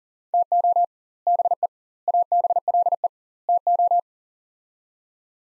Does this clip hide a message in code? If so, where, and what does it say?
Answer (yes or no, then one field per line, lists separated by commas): yes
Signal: Morse code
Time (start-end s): 0.3-4.0 s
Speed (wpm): 40 wpm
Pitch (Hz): 700 Hz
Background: none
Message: TO BE ABLE TO